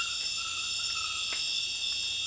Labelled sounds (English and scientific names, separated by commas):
none